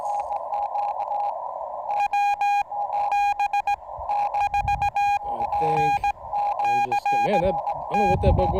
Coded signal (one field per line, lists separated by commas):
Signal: Morse code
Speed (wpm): 18 wpm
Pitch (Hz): 3250 Hz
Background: speech, radio noise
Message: WB4NCT